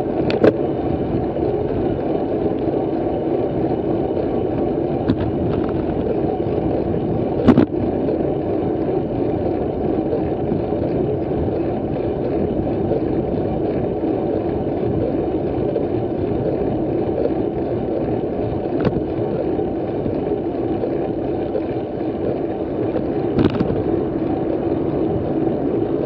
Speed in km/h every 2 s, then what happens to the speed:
30, 29, 28, 27, 27, 27, 26, 26, 26, 26, 25, 25, 24.
0-26 steady at about 26.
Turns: none.